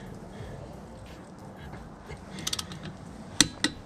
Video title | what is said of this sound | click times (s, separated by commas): S2 E15 How to do an oil change in a 91-97 Mazda 626 | so that's going to be one so you wait for the click | 3.4 s